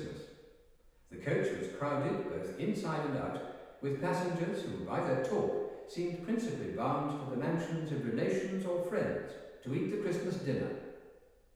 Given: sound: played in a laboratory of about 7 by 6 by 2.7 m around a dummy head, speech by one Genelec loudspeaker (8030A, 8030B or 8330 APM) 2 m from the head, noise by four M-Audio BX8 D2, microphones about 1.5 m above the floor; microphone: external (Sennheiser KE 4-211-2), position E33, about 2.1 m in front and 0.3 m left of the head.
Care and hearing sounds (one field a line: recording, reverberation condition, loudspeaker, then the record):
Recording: male speech in English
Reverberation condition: high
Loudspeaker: 120 degrees to the left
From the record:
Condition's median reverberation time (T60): about 1300 ms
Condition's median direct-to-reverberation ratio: about -4.0 dB